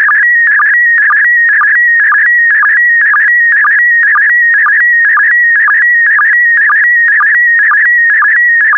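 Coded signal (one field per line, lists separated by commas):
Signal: SSTV (slow-scan television)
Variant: PD120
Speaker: complete. You can now check your decoded image against the picture that is shown on the video.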